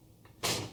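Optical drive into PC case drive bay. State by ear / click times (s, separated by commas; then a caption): not seated / none. An optical drive is slid into a PC case's drive bay, with quiet handling noise, a faint tap at 0.25 s, and then a loud broadband sliding scrape from about 0.4 s that fades toward the end. The clip ends before the drive goes home, so nothing has seated or clicked yet.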